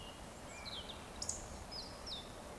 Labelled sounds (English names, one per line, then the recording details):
Eurasian Woodcock whistle
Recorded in Baden-Württemberg, Germany, on 15 June 2020 at 19:48 UTC
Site 14569, 102 m above sea level